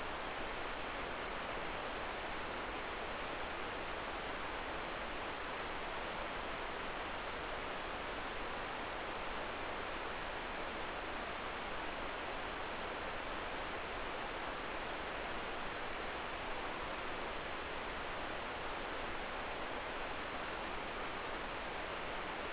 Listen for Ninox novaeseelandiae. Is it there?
no